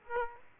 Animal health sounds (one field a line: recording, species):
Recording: mosquito wingbeat signal from an infrared sensor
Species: Aedes aegypti